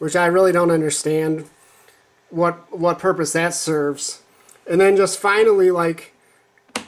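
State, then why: Seated. Someone talks while the folding plastic carry handle on a Bluetti EB55 portable power station is swung into position. A couple of faint ticks lead into a sharp click at 6.8 s as the handle snaps into its locked detent. It does lock into place, but the lock-in doesn't have the greatest feel.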